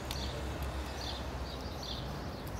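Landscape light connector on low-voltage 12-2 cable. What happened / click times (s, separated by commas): The cable connector clicked shut / 0.1 s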